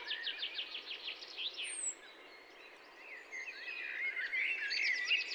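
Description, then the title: Birds singing in a spring chorus, with repeated high trills and chirps, a brief thin whistle, and steady background hiss. Spring birds in Massignieu-de-Rives, France; recorded on a Tascam DAP-1 with a Télingua microphone, edited in Samplitude 5.1. "147 Route de la Tuilerie, 01300 Massignieu-de-Rives, France - chien en laisse au loin et oiseaux de printemps."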